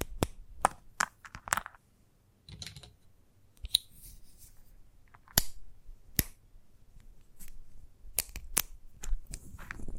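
Chalk tapping and scratching on a hard surface, with sharp clicks scattered irregularly through the ten seconds, clustered early and again near the end. Between the taps come short gritty scrapes and rustles, with a brief quiet stretch around two seconds.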